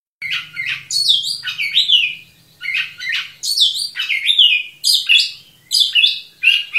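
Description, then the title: Oriental magpie-robin giving energetic phrases of sweet whistles and swooping notes with brief gaps, over a faint low hum. Local name kacer; described as 'gacor', vigorous continuous singing. "Kacer Gacor"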